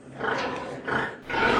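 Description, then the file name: Pig giving three harsh, noisy squealing bursts in quick succession, the last one loudest. "cochon"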